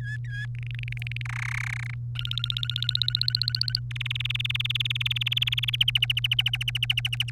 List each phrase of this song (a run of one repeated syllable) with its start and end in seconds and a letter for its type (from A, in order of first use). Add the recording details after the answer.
0.00-0.46 A, 0.55-1.22 B, 1.25-1.94 C, 2.15-3.79 D, 3.91-5.76 E, 5.80-7.30 F. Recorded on 3 May 2018 at 10:56. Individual llb3